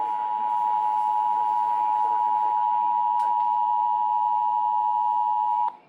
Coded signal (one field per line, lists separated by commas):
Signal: Emergency Alert System (SAME) tones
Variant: 853 and 960 Hz attention tone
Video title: Post-Ides of March Alerts - EAS Alerts from 3/15-16/26 (New EAS 980-986)